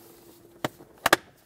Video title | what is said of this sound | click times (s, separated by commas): How to Replace Turn Signal Combination Lever 2014-2021 Mazda 6 | clip them in on each side | 0.7 s, 1.1 s